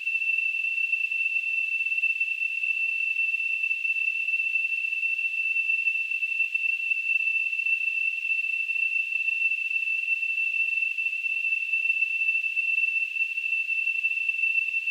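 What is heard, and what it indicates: A steady, piercing, very high-pitched whistling tone rings without change for about fifteen seconds over a faint high hiss. This is a simulated tinnitus sound, imitating a constant ringing in the ears.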